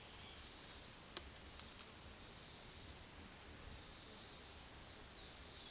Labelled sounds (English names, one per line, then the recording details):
none
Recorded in secondary vegetation near Puerto Asís, Putumayo, Colombia, on 23 June 2025 at 11:00
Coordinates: 0.500, -76.326
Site GP08